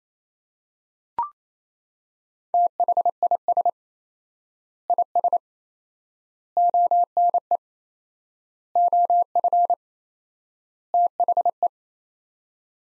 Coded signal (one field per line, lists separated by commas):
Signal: Morse code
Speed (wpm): 27 wpm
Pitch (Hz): 700 Hz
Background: none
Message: THIS IS ONE OF THE